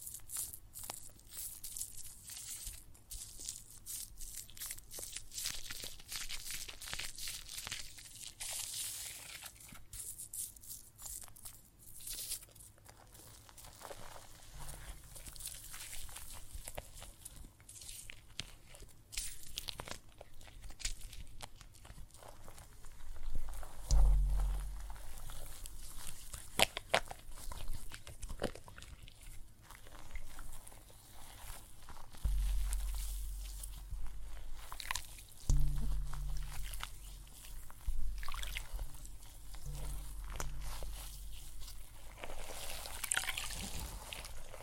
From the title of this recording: Water and Soap Foam Sounds